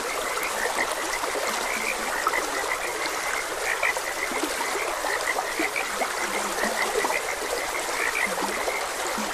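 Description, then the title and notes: Frog chorus with repeated overlapping croaks and occasional lower grunting notes, accompanied by steadily flowing water. Frogs croaking beside a gentle stream. "Gentle Stream and Frogs Croaking. Sleep and Relaxation Podcast"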